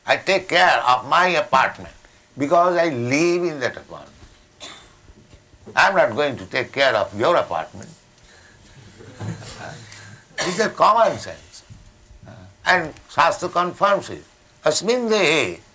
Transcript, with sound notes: I take care of my apartment because I live in that apartment. I'm not going to take care of your apartment. [laughter] These are common sense. And śāstra confirms it, asmin dehe.